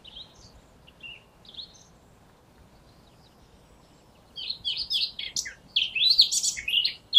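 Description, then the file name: Eurasian blackcap gives a few soft, scattered notes, then bursts into a loud, rapid warble of tumbling whistled phrases in the last three seconds. "Sylvia atricapilla"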